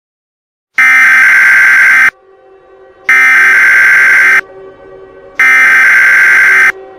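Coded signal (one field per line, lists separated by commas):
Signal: Emergency Alert System (SAME) tones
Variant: header bursts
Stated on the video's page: Fictional EAS scenario alert, not a real activation.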